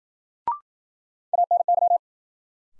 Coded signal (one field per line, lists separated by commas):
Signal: Morse code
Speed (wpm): 53 wpm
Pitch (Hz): 700 Hz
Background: none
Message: ANY